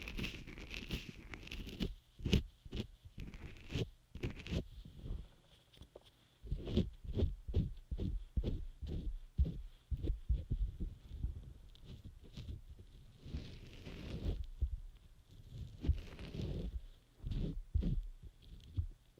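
Ear massage and care sounds: rubbing, stroking and tapping on the ear. Soft low thumps come in irregular bursts, sometimes quick clusters and sometimes slower single taps, with brief scratchy swishes between them. A faint steady hiss runs underneath throughout.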